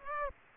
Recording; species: mosquito wingbeat signal from an infrared sensor; Aedes aegypti